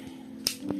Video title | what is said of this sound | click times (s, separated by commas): Installation et Configuration d'une Console Nintendo Switch 2 | et il se clipe tout seul. Vous voyez, ça fonctionne. | 0.5 s